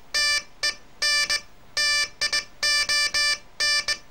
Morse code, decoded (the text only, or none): TENTION